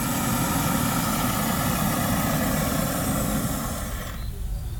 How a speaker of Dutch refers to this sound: Nou ja, dat is dus de primus. Oldschool kamperen. Nou, als je dan klaar bent met koken, dan de enige manier om hem uit te zetten is de druk van de tank afhalen. En dat is het ventieltje opendraaien.